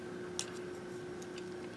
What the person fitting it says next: all the way down and clicks into place